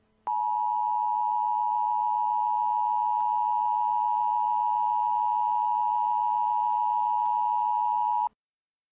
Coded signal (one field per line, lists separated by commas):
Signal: Emergency Alert System (SAME) tones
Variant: 853 and 960 Hz attention tone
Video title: EAS MOCK - Evil Darwin Part 1